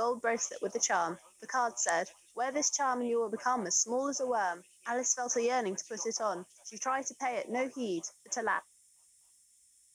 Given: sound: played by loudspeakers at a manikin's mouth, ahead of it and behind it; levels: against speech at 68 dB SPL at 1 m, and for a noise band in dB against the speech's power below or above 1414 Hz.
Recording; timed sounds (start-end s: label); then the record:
test signals for a remote microphone
0.00-8.58 s: woman speaking, babble ahead at +6 dB SNR for speech at 1 m
From the record:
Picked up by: remote microphone C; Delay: 23 ms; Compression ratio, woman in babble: 1.51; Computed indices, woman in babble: HASPI 0.867, HASQI 0.307 (non-linear 0.358, linear 0.857), ESTOI 0.784